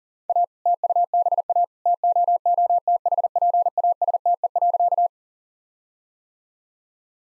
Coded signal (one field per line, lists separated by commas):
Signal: Morse code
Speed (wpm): 40 wpm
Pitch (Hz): 700 Hz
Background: none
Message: A TUBA TOOTHPASTE.